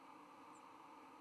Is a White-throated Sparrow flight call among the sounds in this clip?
no